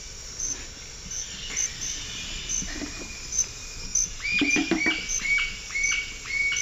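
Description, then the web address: White-chinned jacamar giving sharp, upward-hooked whistled notes in a quick series, over a constant high insect drone and scattered clicks. Eastern lowlands of South America; calls and song. "Natures Songs S America Eastern Lowlands. Galbula tombacea, calls and song"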